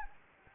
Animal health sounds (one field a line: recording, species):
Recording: mosquito wingbeat signal from an infrared sensor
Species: Anopheles gambiae